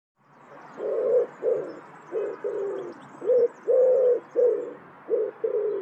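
Bird cooing, a run of low, hollow coos in short bursts, some doubled, repeated steadily for about five seconds.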